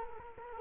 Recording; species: mosquito wingbeat signal from an infrared sensor; Culex quinquefasciatus